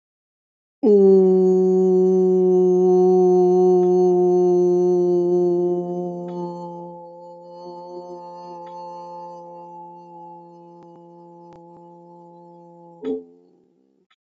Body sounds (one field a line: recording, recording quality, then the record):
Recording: sustained vowel as in boot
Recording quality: excellent, no background noise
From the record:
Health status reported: healthy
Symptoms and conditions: none ticked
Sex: female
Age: 25 years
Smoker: not ticked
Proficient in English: no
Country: India